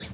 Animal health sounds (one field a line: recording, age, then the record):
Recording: pig call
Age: piglet (1 to 25 days)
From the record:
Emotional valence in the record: negative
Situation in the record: short isolation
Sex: female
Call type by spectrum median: low-frequency call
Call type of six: low-frequency tonal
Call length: 0.14 s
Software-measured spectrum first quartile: 269 Hz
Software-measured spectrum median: 1909 Hz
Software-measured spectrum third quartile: 5118 Hz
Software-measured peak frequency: 113 Hz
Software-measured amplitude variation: 124 dB a second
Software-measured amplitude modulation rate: 10.8 a second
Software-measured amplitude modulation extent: 11.5 dB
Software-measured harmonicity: 2.2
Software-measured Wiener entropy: -2.11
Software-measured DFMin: 918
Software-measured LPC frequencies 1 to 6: 1742, 2297, 3634, 4449, 5693, 6222 Hz